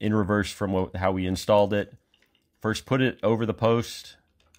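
Someone talks while handling the long plastic retaining clip for the upper-rack wheel on a Whirlpool or Kenmore dishwasher, placing it over the post on the wire rack, and two faint ticks follow near the end. The clip has not yet snapped into place or seated.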